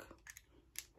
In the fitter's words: wait see i locked it at the bottom